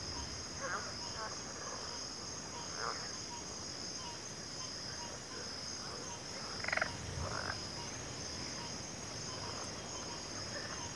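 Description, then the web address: Crickets keep up a steady high-pitched chorus, with only occasional frog croaks and one brief rattle near the middle. Cricket chorus in a backwater. "WLL Grade 1-12 Pre-Uni Library Enter Natures Songs Sleep Sounds of Nature CRICKETS Backwater Chorus"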